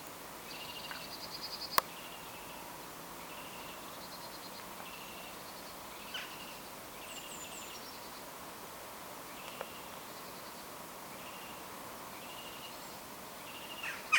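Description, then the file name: Eurasian wren uttering a steady series of short, harsh buzzy call notes about once a second, joined by a high slurred descending phrase and a few sharp clicks. "Troglodytes troglodytes"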